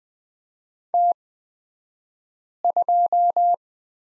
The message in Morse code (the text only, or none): T2